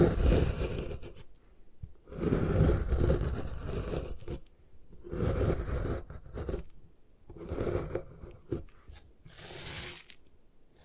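Gym chalk being crushed and broken in repeated rough bursts, each lasting a second or two, at around 0, 2, 5, 7 and 9 seconds. The grinding and crumbling has a gritty, tearing texture, with short quiet gaps and a few faint clicks between bursts.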